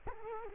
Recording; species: mosquito wingbeat signal from an infrared sensor; Culex quinquefasciatus